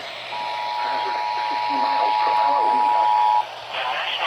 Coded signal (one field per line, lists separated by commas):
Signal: Emergency Alert System (SAME) tones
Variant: 853 and 960 Hz attention tone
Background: speech